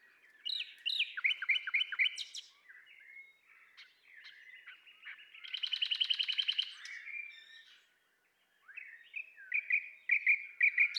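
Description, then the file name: Common nightingale song: varied phrases of clear whistles and chirps, a loud rapid buzzy rattle near the middle, a short pause, then fresh high whistled notes. "Luscinia megarhynchos"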